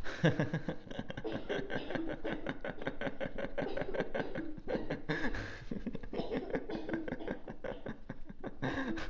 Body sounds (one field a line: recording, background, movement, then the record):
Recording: laughter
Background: a bystander coughing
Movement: sitting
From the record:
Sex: male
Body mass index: 22.0 kg/m2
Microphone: on the chest, facing outward